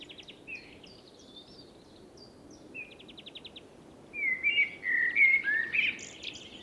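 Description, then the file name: Common blackbird singing: thin high scratchy notes and a rapid buzzy trill first, then a rich, warbling fluted phrase near the end. "Turdus merula"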